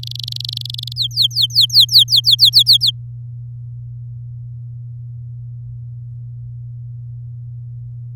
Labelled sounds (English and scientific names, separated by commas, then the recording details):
Domestic Canary (Serinus canaria) song
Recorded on 10 May 2018 at 17:09
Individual llb16